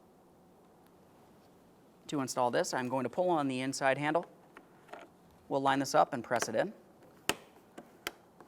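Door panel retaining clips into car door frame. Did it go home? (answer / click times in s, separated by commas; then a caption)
yes / 7.3 s, 8.1 s. An interior door panel on a 2014-2018 Mazda 3 is lined up against the car door frame and pressed onto its plastic retaining clips while someone talks. After the talking stops, two sharp clicks ring out at 7.3 and 8.1 seconds as the clips snap home and the panel seats.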